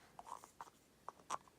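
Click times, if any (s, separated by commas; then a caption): none. Someone handles the two halves of a 3D-printed plastic box, bringing the lid toward its base so they nest together, with light scraping and tapping through the clip and a sharp tick near 1.1 seconds followed by a louder contact burst near 1.3 seconds. The lid has not seated on the base yet, and nothing has clicked.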